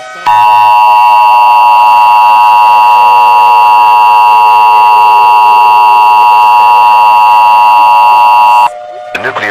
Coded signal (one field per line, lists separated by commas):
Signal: Emergency Alert System (SAME) tones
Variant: 853 and 960 Hz attention tone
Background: speech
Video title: EAS Mock - Nuclear Planes